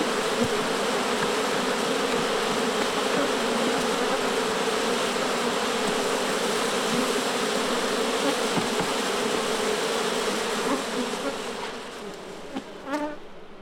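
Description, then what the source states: Honey bees buzzing as a dense, steady swarm hum that holds level, then thins and quiets near the end with a few sharper passes. Angry bees at a beehive.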